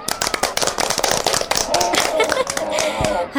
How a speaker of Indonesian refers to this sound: Kalian hebat semuanya. Tepuk tangan untuk semuanya.